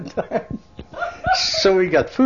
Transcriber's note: laughs